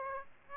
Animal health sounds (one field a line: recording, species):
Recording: mosquito wingbeat signal from an infrared sensor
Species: Aedes aegypti